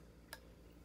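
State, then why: Seated. A retaining clip is pushed into the brake master cylinder kit of a Raider J FI motorcycle and snaps locked and closed. A single short, bright click sounds at 0.3 s over a low background hum. The clip is seated and locked so it will not fly out when pulled.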